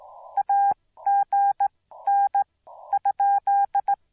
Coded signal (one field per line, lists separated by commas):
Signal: Morse code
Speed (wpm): 17 wpm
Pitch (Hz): 800 Hz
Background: none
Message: AGN ?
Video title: Angels Landing Activation: Morse Code Radio Ops With Minimal Edits